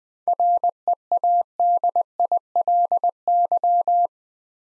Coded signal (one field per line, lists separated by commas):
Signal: Morse code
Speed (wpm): 21 wpm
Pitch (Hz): 700 Hz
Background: none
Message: READILY